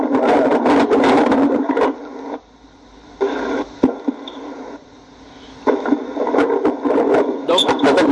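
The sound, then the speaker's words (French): Car interior noise from a caller riding in a car, heard over his phone line during a Christian call-in broadcast: a muffled, band-limited rumble and rattle that comes in loud stretches, drops out for a few seconds, then returns, with faint voices mixed in. “Ferme ton micro parce qu'il y a le bruit là-bas.”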